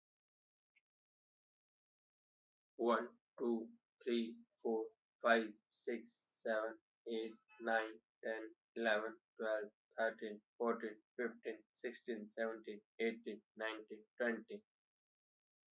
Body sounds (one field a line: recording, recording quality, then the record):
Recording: counting at a normal pace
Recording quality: excellent, no background noise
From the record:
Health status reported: healthy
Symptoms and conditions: none ticked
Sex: male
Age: 30 years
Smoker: not ticked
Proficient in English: yes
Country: India